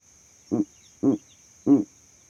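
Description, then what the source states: Owl hoots: three short, low, husky notes spaced evenly apart, each a brief rich burst, with a steady faint high whine behind them. Calls at night.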